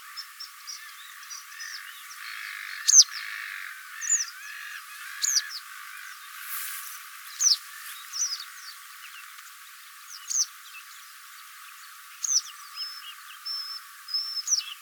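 Wagtail calls: sharp, high, thin notes repeated irregularly throughout, with softer chirps between them.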